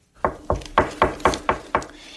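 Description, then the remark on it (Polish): Seven sharp, evenly spaced knocks on a wooden door in a quick, steady rhythm, each a hollow mid-pitched rap of the same loudness, with no voices. “Kto tam puka?”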